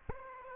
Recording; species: mosquito wingbeat signal from an infrared sensor; Aedes aegypti